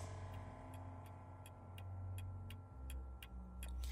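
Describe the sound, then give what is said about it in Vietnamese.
A clock ticks steadily in a room just past midnight, about a dozen crisp, evenly spaced clicks, over a constant low rumbling hum that swells slightly toward the end. “Thời gian cứ như vậy trôi qua, tiếng kim đồng hồ vang lên tích tắc trong căn phòng.”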